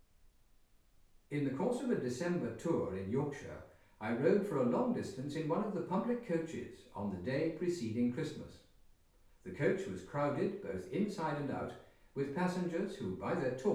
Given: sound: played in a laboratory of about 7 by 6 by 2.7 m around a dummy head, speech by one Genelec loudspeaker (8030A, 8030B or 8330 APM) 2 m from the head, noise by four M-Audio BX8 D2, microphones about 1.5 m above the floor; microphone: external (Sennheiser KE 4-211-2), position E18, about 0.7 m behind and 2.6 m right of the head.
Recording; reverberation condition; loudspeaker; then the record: male speech in English; medium; 150 degrees to the left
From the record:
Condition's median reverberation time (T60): about 510 ms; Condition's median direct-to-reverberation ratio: about -0.5 dB